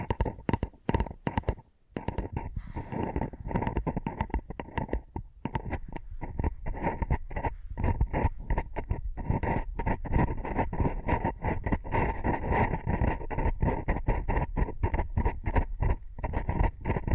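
Quick tapping sounds rattle along in dense, uneven bursts, with tiny pauses near two and five seconds. The taps have a dull, woody knock with a brighter click on top, and a faint steady tone hums beneath them throughout.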